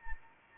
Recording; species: mosquito wingbeat signal from an infrared sensor; Anopheles arabiensis